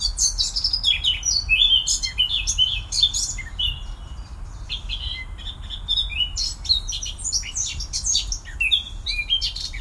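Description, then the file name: Eurasian blackcap song: a dense, fast run of varied chirps and warbled high notes, continuing without pause through the whole stretch. "Sylvia atricapilla"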